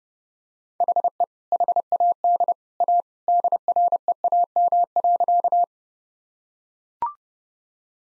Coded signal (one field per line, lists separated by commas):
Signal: Morse code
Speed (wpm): 28 wpm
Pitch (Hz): 700 Hz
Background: none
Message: HE HAD A DREAM.